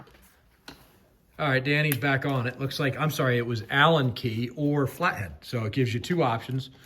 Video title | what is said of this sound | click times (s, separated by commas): 🚜 Craftsman Weedwhacker Won’t Start? Carburetor Replacement Fix! - DIY Repair | and that clicks right in there. | 0.7 s